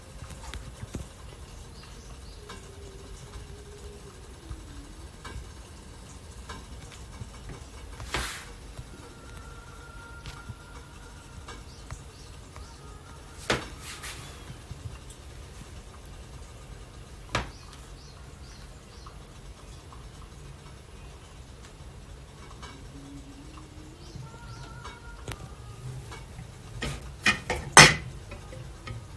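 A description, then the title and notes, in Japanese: Mocha blend coffee being roasted: a steady low rumble runs throughout, broken by sparse sharp cracks around 8, 13 and 17 seconds and a louder cluster near 27–28 seconds. Faint, brief whining tones drift in and out behind it. 今朝は”モカブレンド”を焙煎。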